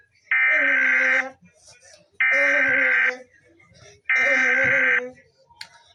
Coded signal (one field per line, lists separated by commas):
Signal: Emergency Alert System (SAME) tones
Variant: header bursts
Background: speech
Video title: eas, alarms